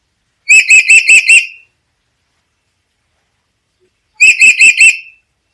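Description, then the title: Black-capped lory giving two bursts of four or five loud, shrill, evenly spaced notes, separated by a few seconds of silence. "Nuri kepala hitam"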